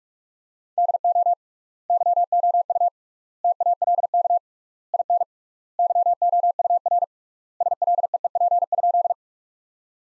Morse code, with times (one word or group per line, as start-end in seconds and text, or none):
0.8-1.3 DO
1.9-2.9 YOU
3.4-4.4 TALK
4.9-5.2 IN
5.8-7.0 YOUR
7.6-9.1 SLEEP?